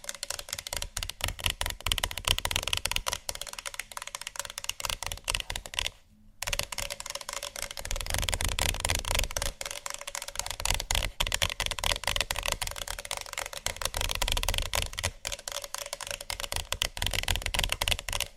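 Fast tapping on objects like wood, books and metal, a dense, continuous patter of quick bright clicks with little pause. It runs fairly evenly throughout, with a brief silence just after six seconds before resuming, and a low steady hum underneath.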